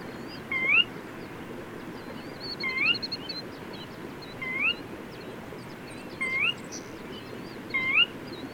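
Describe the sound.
Bird song: a sharp rising whistled note given at uneven intervals of one to two seconds, with faint high twitters from other birds and a constant low rumble beneath.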